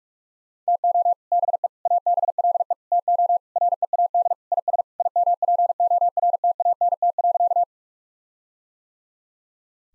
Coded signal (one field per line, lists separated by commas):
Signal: Morse code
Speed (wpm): 43 wpm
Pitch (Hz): 700 Hz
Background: none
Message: TO BE ABLE TO READ IS IMPORTANT.